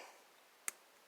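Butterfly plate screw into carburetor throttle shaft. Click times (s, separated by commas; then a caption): 0.7 s. A torque driver tightens the second butterfly plate screw into the throttle shaft of a Yamaha XJ700X BS33 carburetor during a rebuild. After near-silence, one sharp, brief click sounds at 0.7 s as the driver reaches torque, confirming the screw is tightened.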